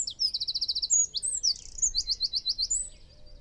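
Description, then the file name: Eurasian wren song: continuous shrill, rapid trilling and sharp chattering notes running through the whole short excerpt, with faint low rumble behind. "Troglodytes troglodytes"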